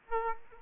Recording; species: mosquito wingbeat signal from an infrared sensor; Aedes aegypti